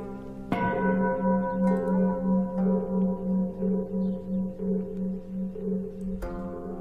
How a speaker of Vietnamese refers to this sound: Bất giác cô nghe có tiếng ai gọi, lẫn trong cái tiếng chuông mõ vẫn cứ vang lên như thế.